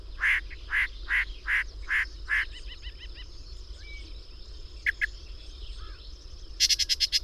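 Bird song: a series of six evenly spaced buzzy notes, then faster soft trills, a thin whistle and a closing rapid burst of high notes, with a steady high tone behind.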